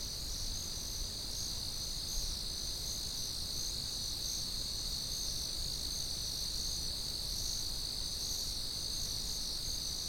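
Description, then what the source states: Cricket chorus, continuous and shrill, several high trilling bands holding level throughout, with faint low rumble beneath. Constant, generic cricket chirping.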